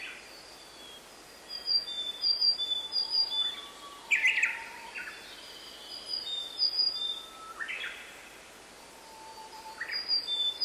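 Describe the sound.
Willow tit uttering a few scattered, brief nasal calls, several seconds apart, over a bed of high-pitched tonal chirps and steady background noise.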